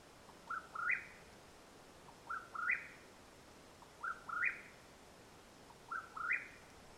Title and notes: The call of the Mexican Whip-poor-will at nightfall in Madera Canyon, AZ. Recorded April, 21 2022.